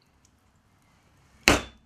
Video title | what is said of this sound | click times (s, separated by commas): How to make a shark rig/trace - Totally Awesome Fishing Show | you might have to lean on them you'll hear it click that's it that's a lot that's done there's no way that's coming apart | 1.5 s